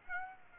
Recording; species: mosquito wingbeat signal from an infrared sensor; Aedes aegypti